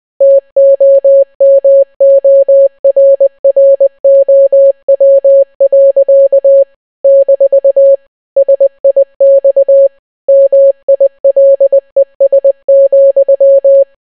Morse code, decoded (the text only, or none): TOMORROW. - SIX MILES,